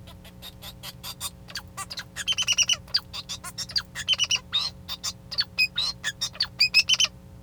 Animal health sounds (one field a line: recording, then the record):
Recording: song of a male Bengalese finch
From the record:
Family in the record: son of father 2